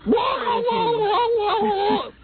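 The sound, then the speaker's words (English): A loud, shrieking chicken noise played from a tape: one continuous wavering, high-pitched squawk that bends up and down for about two seconds before cutting off abruptly. “I know we've had a shrieking chicken noise.”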